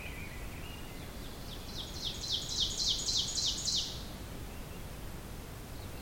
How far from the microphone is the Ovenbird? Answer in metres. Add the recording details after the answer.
about 25 m. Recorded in boreal forest in Alberta, Canada, on 5 June 2016 at 05:41. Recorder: SongMeter 3, array SBT-3-51. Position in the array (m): 271 m, 119 m. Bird 28